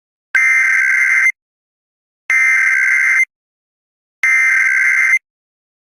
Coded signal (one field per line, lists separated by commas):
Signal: Emergency Alert System (SAME) tones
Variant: header bursts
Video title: EAS Recreation - 2023 National Periodic Test